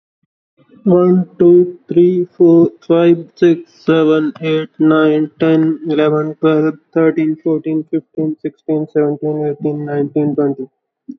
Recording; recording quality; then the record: counting at a normal pace; excellent, no background noise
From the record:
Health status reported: healthy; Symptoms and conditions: cold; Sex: male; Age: 24 years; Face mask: not worn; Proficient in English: yes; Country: India